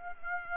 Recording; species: mosquito wingbeat signal from an infrared sensor; Aedes aegypti